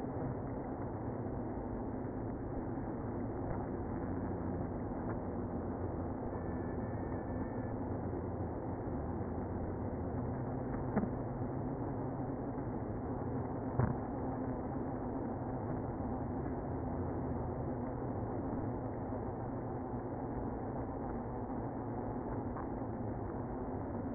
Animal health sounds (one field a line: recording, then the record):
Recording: honeybee colony, microphone inside the hive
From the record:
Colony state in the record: queenless (queen removed)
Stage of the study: after two queens were removed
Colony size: about 60,000 bees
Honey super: yes